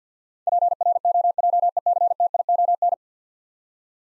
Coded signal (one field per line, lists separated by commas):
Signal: Morse code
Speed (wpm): 52 wpm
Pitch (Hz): 700 Hz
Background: none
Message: PROJECTION